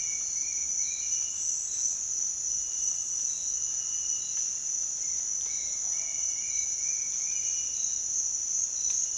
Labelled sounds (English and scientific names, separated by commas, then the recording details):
none
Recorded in dense forest near Puerto Asís, Putumayo, Colombia, on 23 June 2025 at 06:30
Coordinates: 0.466, -76.327
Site GP04